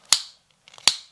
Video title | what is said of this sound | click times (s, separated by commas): How to remove and install an golf club shaft adapter | two clicks that's all you need cuz that thing's a breakaway torque wrench alright or one click you know that you've | 0.1 s, 0.9 s